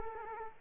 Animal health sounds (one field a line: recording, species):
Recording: mosquito wingbeat signal from an infrared sensor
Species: Culex quinquefasciatus